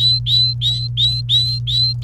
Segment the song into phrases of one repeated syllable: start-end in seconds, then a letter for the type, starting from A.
0.00-1.93 A